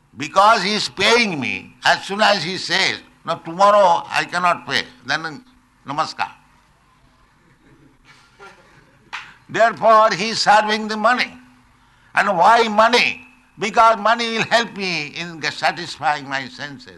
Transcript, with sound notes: Because he is paying me, as soon as he says, "Now tomorrow I cannot pay," then, "Namaskāra." [laughter] Therefore he is serving the money. And why money? Because money will help me in satisfying my senses.